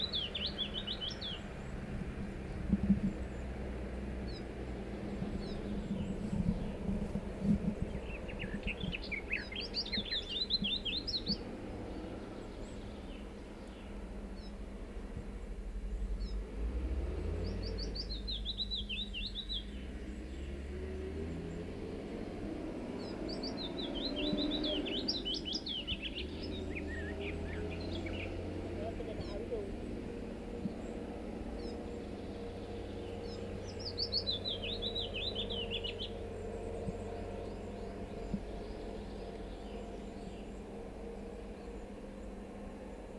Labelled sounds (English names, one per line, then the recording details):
Willow Warbler
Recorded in the wild
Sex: male
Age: adult
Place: Thumsee, Bayern, DE
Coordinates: 47.7167, 12.8167
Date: 1964-06-03
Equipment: LGS26
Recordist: Faber, A. and Stumbrat
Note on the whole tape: Auf der Alpstraße Richtung Tumsee. Vogel wird durch Tonbandaufnahmen gelockt, daraufhin Lockrufe mit Flügelschlagen und Gesänge. Auch Aufnahmen vom 25.06.1964 um 11.30 Uhr